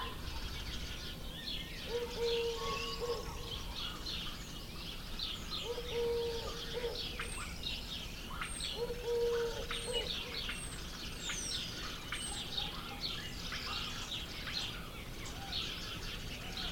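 Doves coo three times, low and soft, at about two, six and nine seconds. Above them, canaries keep up a busy stream of quick, bright chirps and warbles that continues throughout, over a steady background hiss.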